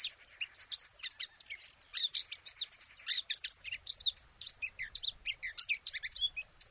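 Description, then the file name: Eurasian blackcap warbling song, busy, mixing rapid twittering notes with clearer whistled slurs, pausing briefly near two seconds before resuming in a dense run. "Sylvia atricapilla"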